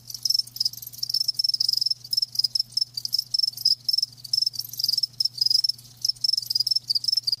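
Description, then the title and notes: Crickets giving high, rapid pulsed chirps in quick groups, with a constant low hum beneath. Live crickets chirping; a lulling song. "Live Crickets Chirping. RainManCJ"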